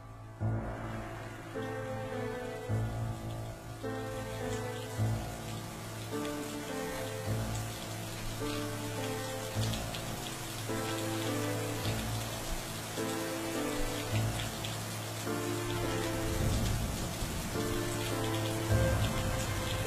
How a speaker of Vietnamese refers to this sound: Ở bên ngoài trời rả rích một màn mưa ẩm ướt.